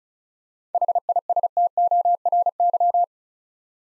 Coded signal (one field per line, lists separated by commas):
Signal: Morse code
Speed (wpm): 36 wpm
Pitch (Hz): 700 Hz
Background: none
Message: HISTORY